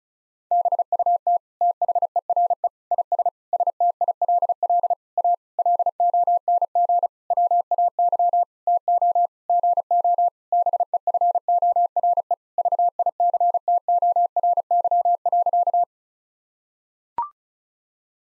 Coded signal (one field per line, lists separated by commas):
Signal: Morse code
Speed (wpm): 36 wpm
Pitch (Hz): 700 Hz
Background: none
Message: BUT THERE IS STILL A LONG WAY TO GO BEFORE VICTORY.